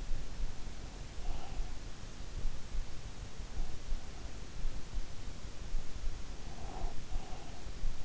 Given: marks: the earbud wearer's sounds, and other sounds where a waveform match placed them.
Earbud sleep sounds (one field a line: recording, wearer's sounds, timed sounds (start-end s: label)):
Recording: sounds in sleep by an in-ear microphone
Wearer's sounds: breath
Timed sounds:
0.06-1.93 s: breath
6.11-8.04 s: breath